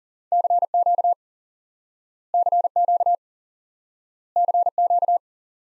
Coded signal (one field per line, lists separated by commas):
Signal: Morse code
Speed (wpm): 40 wpm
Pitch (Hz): 700 Hz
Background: none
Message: CQ CQ CQ